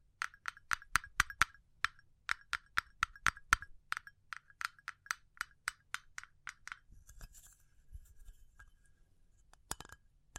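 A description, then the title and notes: Fast, sharp fingernail taps click on a hard glassy surface for seven seconds, then give way to faint rustling and one last tap. ASMR Pure Tapping Fast and Slow (No Talking).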